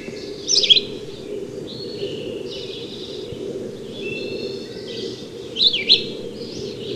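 Red-eyed vireo song: a few high, slurred whistled phrases over soft low background noise.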